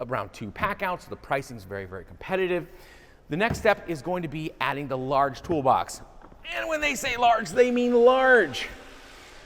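A large plastic modular toolbox is handled above the stacking toolbox below it while someone talks throughout. Nothing has seated or clicked yet.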